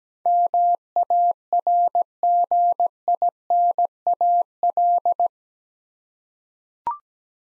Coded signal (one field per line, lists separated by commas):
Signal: Morse code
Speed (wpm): 17 wpm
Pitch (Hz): 700 Hz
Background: none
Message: MARGINAL